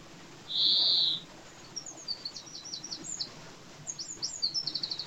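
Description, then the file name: European greenfinch: one loud buzzy wheeze near the start, followed by a run of quick, high, chattering twitters to the end. "Chloris chloris"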